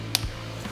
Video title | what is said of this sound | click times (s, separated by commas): EBMX X-9000 Controller Installation Instructions | I should just snap together just like that | 0.2 s